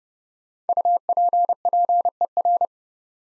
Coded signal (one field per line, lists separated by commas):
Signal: Morse code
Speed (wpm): 30 wpm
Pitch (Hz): 700 Hz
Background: none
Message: UPPER